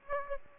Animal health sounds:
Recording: mosquito wingbeat signal from an infrared sensor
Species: Aedes aegypti

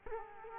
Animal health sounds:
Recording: mosquito wingbeat signal from an infrared sensor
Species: Culex quinquefasciatus

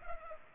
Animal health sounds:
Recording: mosquito wingbeat signal from an infrared sensor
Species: Culex pipiens

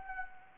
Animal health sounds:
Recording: mosquito wingbeat signal from an infrared sensor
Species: Anopheles arabiensis

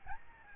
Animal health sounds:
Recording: mosquito wingbeat signal from an infrared sensor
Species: Aedes albopictus

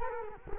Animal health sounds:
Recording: mosquito wingbeat signal from an infrared sensor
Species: Culex quinquefasciatus

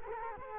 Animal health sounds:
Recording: mosquito wingbeat signal from an infrared sensor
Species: Culex quinquefasciatus

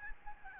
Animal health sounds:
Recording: mosquito wingbeat signal from an infrared sensor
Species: Aedes albopictus

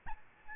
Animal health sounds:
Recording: mosquito wingbeat signal from an infrared sensor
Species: Aedes albopictus

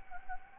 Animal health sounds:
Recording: mosquito wingbeat signal from an infrared sensor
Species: Anopheles gambiae

